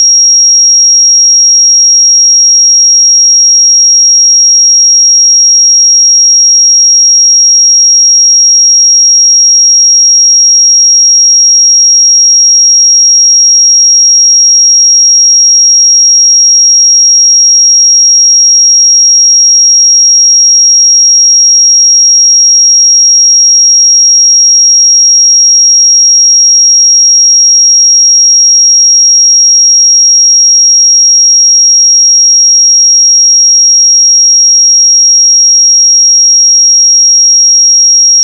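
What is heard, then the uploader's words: A pure sine tone holds at 5613 Hz for the full length, a single thin, bright pitch that never wavers. Its loudness stays perfectly level from start to finish, with no breaks, no other sounds, and a silent background. 5613 Hz 1 Hz Interval Sine Pure Tone Frequency 441000 Sample Mono.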